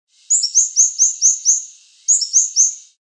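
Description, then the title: White-chinned sapphire giving thin, very high chips in a quick series of several, a short pause, then a few more, against a silent background. "LuckyPassaro Completos2Sama. White-chinned Sapphire (Hylocharis cyanus)"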